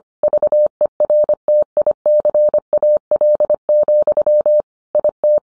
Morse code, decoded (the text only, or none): VERTICAL, IT